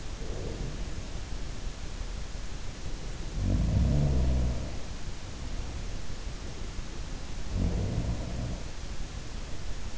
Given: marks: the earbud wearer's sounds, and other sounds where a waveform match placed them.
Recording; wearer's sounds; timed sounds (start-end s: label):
sounds in sleep by an in-ear microphone; breath
0.00-1.25 s: breath
3.26-5.07 s: sound from someone else or the room
7.36-8.81 s: sound from someone else or the room